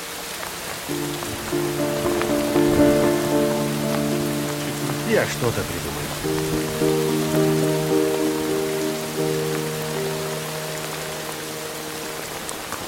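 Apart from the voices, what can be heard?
heavy downpour of rain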